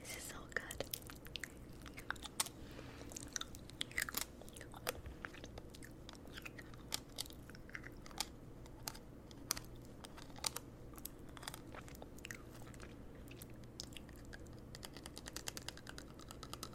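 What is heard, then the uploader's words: Someone nibbles on a candy cane, producing quick, sharp crunches and small clicks scattered irregularly throughout, some bunched in rapid bursts. Wet, tingly mouth sounds fill the gaps, over a steady low hum that runs underneath the whole time. ASMR Nibbling On Candy Cane (Tingly Mouth Sounds).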